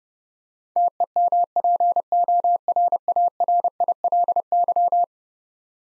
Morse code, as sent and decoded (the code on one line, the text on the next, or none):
- . -- .--. --- .-. .- .-. .. .-.. -.--
TEMPORARILY